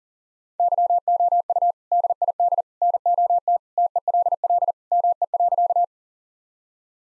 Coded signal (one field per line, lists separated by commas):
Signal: Morse code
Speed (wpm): 38 wpm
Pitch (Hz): 700 Hz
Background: none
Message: YOU DID NOT TELL ME.